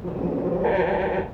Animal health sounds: contact call of a hoofed animal; goat; low-frequency (closed-mouth) or high-frequency (open-mouth) call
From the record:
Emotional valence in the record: positive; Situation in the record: food anticipation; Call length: 1.34 s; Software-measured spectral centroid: 990 Hz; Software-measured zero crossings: 1030 a second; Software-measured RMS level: -24 dBFS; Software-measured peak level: -10 dBFS

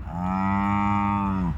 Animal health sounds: contact call of a hoofed animal; cattle; low-frequency (closed-mouth) or high-frequency (open-mouth) call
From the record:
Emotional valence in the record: negative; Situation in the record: full separation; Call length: 1.58 s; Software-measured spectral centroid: 1160 Hz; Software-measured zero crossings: 980 a second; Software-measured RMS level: -24 dBFS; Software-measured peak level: -13 dBFS

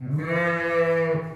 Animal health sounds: contact call of a hoofed animal; sheep; low-frequency (closed-mouth) or high-frequency (open-mouth) call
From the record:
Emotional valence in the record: negative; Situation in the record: short social isolation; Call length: 1.36 s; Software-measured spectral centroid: 1520 Hz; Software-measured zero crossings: 1440 a second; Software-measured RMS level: -24 dBFS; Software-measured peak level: -12 dBFS

